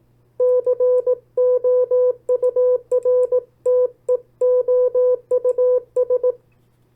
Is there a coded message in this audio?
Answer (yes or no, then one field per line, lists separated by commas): yes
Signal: Morse code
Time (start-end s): 0.4-6.3 s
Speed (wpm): 18 wpm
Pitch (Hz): 500 Hz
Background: none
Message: COURTEOUS